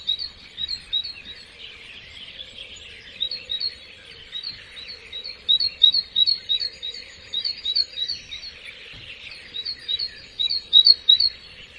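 Bird chirps, many thin high notes in rapid repeated runs, over a faint low hum and background noise.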